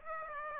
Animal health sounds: mosquito wingbeat signal from an infrared sensor; Aedes aegypti

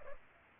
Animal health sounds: mosquito wingbeat signal from an infrared sensor; Culex pipiens

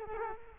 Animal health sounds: mosquito wingbeat signal from an infrared sensor; Culex quinquefasciatus

